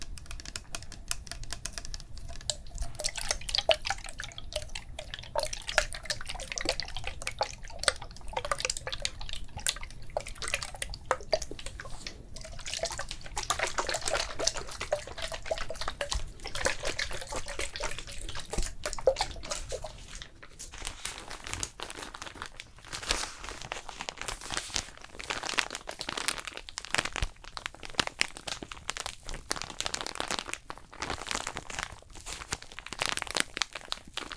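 A cooling spa facial treatment: steady wet crinkling and dabbing sounds with frequent quick taps and splashes, busier and choppier after twenty seconds.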